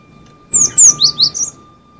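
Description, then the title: Cinereous tit: one rapid phrase of five piercing high notes, the first two long and falling, the rest short and slurred, with a faint background hum. "G3latik b4t0 suara burung gelatik winko"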